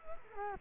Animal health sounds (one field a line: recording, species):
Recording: mosquito wingbeat signal from an infrared sensor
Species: Culex quinquefasciatus